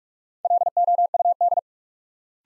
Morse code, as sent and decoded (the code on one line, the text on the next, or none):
.-.. --- ..- -..
LOUD